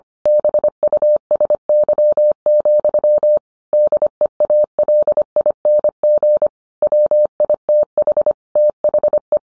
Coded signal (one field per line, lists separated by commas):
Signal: Morse code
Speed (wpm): 25 wpm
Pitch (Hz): 600 Hz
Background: none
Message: BUSY, DEALING WITH THE